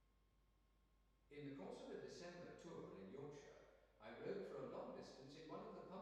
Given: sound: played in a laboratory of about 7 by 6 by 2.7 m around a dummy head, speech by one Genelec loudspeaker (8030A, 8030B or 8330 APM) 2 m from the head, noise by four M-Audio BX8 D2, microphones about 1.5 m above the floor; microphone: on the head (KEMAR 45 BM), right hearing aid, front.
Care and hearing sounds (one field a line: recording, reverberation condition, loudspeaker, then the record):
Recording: male speech in English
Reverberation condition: high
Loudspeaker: 120 degrees to the left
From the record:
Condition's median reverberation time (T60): about 1300 ms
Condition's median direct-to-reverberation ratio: about -4.0 dB